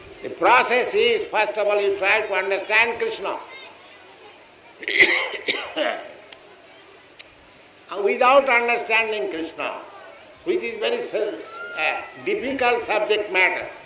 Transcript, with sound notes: The process is first of all you try to understand Kṛṣṇa. [coughs] Without understanding Kṛṣṇa, which is very difficult subject matter...